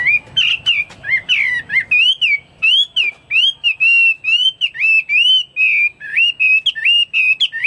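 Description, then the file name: Chinese hwamei pouring out a steady stream of bright, wavering whistled notes, fast and continuous, with scratchier fragments at the start. "omkicau hwamei"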